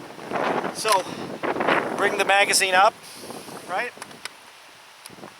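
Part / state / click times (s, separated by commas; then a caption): AK magazine into rifle magazine well / seated / 4.2 s. A steel AK magazine is brought up into the rifle's magazine well, indexed, and rocked back with the knuckles until it locks in. Someone talks over the first three seconds, then a sharp click is heard at 4.3 s as the magazine seats, followed by a smaller click near 5.1 s.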